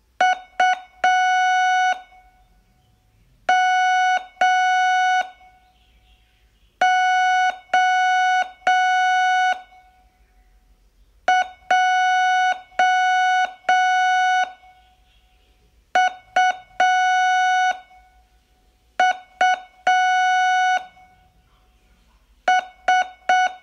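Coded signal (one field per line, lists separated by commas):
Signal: Morse code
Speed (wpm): 6 wpm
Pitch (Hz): 740 Hz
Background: none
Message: U M O J U U S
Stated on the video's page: Morse training lesson, day 12 of a 42-day course.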